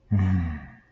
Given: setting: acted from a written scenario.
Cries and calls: vocal sound without words; guilt

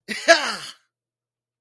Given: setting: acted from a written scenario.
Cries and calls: vocal sound without words; triumph

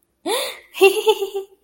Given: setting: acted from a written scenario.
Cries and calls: vocal sound without words; contentment

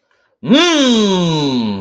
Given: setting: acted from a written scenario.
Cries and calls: vocal sound without words; triumph

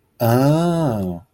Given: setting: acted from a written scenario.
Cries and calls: vocal sound without words; realization

